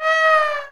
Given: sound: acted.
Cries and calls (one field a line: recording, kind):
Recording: vocal sound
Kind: neutral vocalization